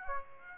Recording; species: mosquito wingbeat signal from an infrared sensor; Aedes aegypti